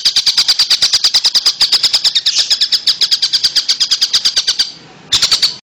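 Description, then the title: Oriental magpie-robin song: a long, fast train of identical high chattering notes, a brief pause, then it resumes. "Kicau Kacer Durasi Panjang 1jam Lebih"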